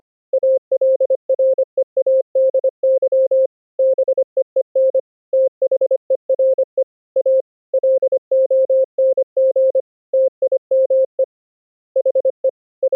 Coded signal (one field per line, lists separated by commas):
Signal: Morse code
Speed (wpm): 25 wpm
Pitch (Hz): 530 Hz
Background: none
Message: ALREADY BEEN THERE A LONG TIME HE I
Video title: Morse Code over ip: Network Tools to evaluate condition of internet 2-way full duplex packet pathway